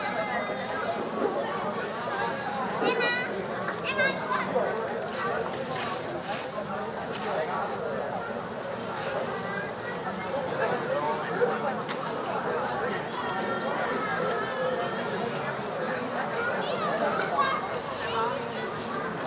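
A summer evening at dusk in Berlin, filled with a steady, dense murmur of many overlapping voices talking. A thin, high whine sets in around five seconds and holds to the end, with scattered light clicks and clatter early on.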